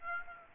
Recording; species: mosquito wingbeat signal from an infrared sensor; Aedes aegypti